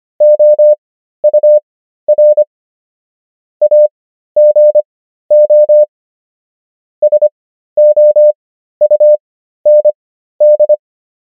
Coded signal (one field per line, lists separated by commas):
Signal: Morse code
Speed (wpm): 25 wpm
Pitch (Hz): 600 Hz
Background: none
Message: OUR AGO SOUND